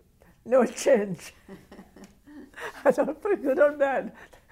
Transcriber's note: laughs